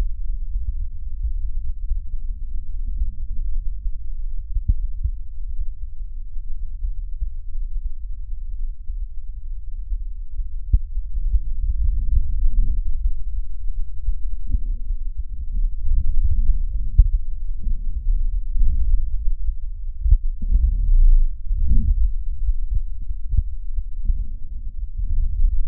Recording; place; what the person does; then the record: lung sounds by stethoscope; right posterior apical chest; quiet breathing, then deep breathing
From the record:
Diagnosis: interstitial lung disease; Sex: male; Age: 82 years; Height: 158 cm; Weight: 49 kg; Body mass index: 19.6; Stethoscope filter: bell mode